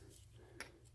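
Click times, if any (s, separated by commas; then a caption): 0.6 s. A go-kart clutch snap ring is pressed down on the steel clutch drum until it snaps into its groove. A sharp metallic click sounds at 0.6 s over a low steady hum, and the ring is seated.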